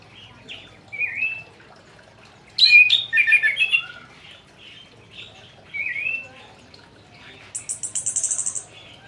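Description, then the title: Orange-headed thrush song with slurred whistles and a loud jumbled warbling burst, followed by scattered notes and a fast high rattling trill near the end. Singing bird, described as gacor ngeplong. "Anis Kembang Gacor Ngeplong Suara Burung"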